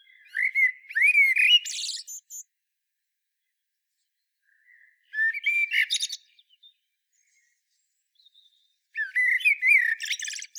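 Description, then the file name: Common blackbird song in three bursts: low, flute-like notes followed each time by a sharp, high chattering flourish, with quiet pauses between. "Turdus merula"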